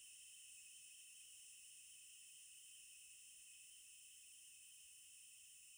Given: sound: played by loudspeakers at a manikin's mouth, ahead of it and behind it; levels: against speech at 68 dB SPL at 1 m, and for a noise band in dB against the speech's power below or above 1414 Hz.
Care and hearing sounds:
test signals for a remote microphone
0.00-5.78 s: noise band at 2828 Hz, as loud as that band is in speech
From the record:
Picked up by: remote microphone C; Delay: 23 ms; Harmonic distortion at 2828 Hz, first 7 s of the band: under -9 dB (system noise only)

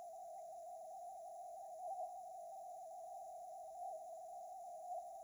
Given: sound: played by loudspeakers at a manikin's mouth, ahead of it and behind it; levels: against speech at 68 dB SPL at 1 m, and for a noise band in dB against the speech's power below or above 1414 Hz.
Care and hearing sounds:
test signals for a remote microphone
0.00-5.24 s: noise band at 707 Hz, as loud as that band is in speech
From the record:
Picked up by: remote microphone A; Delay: 47 ms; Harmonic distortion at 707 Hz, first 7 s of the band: under -40 dB

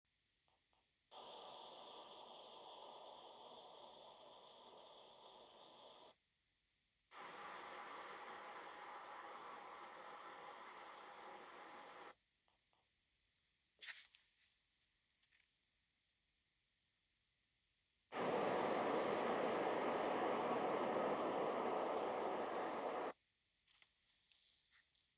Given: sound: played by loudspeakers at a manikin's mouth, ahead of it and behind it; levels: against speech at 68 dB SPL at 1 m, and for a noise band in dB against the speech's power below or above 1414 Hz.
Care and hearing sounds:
test signals for a remote microphone
1.11-6.11 s: speech-spectrum noise from ahead
7.11-12.11 s: speech-spectrum noise from behind
18.11-23.11 s: speech-spectrum noise from the mouth, turned 45 degrees left
From the record:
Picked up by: remote microphone D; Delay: 24 ms

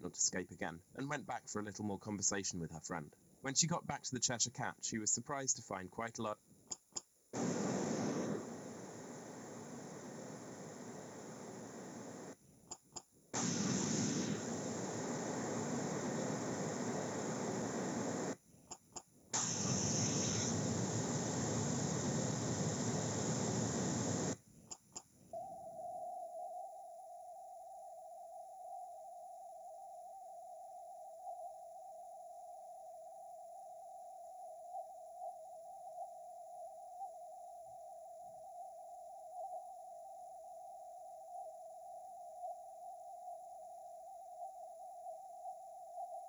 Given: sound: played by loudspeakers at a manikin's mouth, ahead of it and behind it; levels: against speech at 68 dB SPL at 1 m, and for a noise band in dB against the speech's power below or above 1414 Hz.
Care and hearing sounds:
test signals for a remote microphone
0.00-6.33 s: man speaking
6.70 s: click
6.95 s: click
7.33-12.33 s: speech-spectrum noise, -10 dB
12.70 s: click
12.95 s: click
13.33-18.33 s: speech-spectrum noise, 0 dB
18.70 s: click
18.95 s: click
19.33-24.33 s: speech-spectrum noise, +10 dB
24.70 s: click
24.95 s: click
25.33-46.28 s: noise band at 707 Hz, as loud as that band is in speech
From the record:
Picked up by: remote microphone A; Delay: 47 ms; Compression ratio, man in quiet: 8.14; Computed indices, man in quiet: SII 0.991, HASPI 1.000, HASQI 0.503 (non-linear 0.584, linear 0.862), ESTOI 0.841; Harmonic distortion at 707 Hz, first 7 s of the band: under -40 dB

